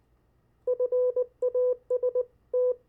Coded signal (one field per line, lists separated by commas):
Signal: Morse code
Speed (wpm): 19 wpm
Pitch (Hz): 500 Hz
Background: none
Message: FAST